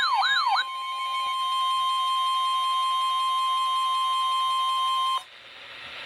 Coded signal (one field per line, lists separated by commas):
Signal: Emergency Alert System (SAME) tones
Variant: 1050 Hz attention tone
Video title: ***TRIPLE HEADER*** Flood Warnings (EAS# 15-17)